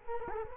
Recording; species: mosquito wingbeat signal from an infrared sensor; Culex quinquefasciatus